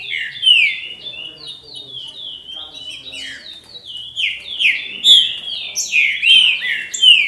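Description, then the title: Green-winged saltator song of steady rich whistled notes, repeated and overlapping without a break, with thin high chirps mixed in. "Trinca Ferro"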